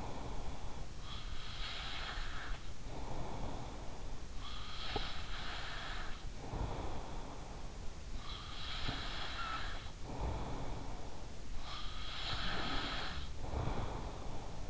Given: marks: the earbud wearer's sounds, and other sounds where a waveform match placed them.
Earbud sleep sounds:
sounds in sleep by an in-ear microphone; breath
0.00-14.70 s: breath

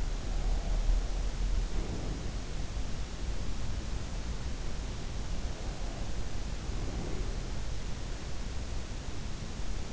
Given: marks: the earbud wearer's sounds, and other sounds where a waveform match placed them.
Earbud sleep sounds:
sounds in sleep by an in-ear microphone; breath
0.00-3.10 s: breath
5.44-8.34 s: breath

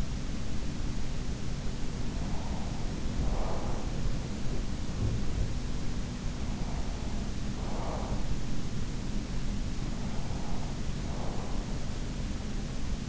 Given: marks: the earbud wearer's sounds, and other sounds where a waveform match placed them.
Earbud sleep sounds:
sounds in sleep by an in-ear microphone; breath, body movement
0.00-1.71 s: breath
1.85-5.07 s: breath
5.21-13.09 s: body movement
6.06-8.40 s: breath
9.99-11.95 s: breath

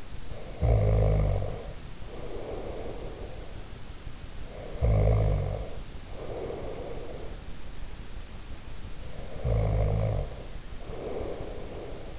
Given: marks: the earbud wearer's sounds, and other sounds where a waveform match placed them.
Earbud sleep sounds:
sounds in sleep by an in-ear microphone; snoring breath
0.00-3.71 s: snoring breath
4.25-7.42 s: snoring breath
9.11-12.19 s: snoring breath

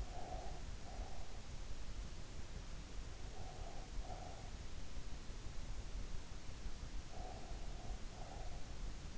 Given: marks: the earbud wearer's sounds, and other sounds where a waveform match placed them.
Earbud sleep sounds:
sounds in sleep by an in-ear microphone; breath
0.00-1.54 s: breath
3.29-4.50 s: breath
7.02-8.75 s: breath

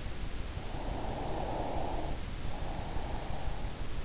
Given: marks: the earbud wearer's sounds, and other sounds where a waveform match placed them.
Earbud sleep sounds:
sounds in sleep by an in-ear microphone; breath
0.57-3.88 s: breath

